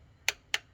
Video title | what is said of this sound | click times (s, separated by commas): ve oil change and sub | Now it's just normally you want to hear 3 clicks. 1, 2, | 0.3 s, 0.5 s